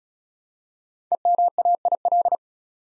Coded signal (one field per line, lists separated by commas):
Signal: Morse code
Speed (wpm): 34 wpm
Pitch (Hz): 700 Hz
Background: none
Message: EMAIL